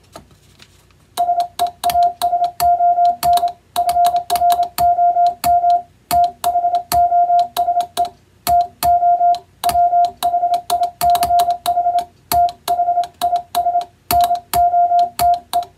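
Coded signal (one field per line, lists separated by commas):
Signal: Morse code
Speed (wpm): 26 wpm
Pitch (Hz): 700 Hz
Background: music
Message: SEASON FROM THOSE TO WHICH THIS NOTE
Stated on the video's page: Hand-sent CW on an electronic keyer rather than software, sending plain-language telegram practice text for receiving practice.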